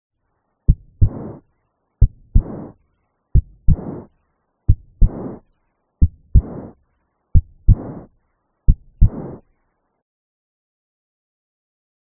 Aortic regurgitation typically causes an early diastolic soft murmur. Murmur is very soft and occurs shortly after the second heart sound, making it early diastolic. An aortic regurgitation murmur.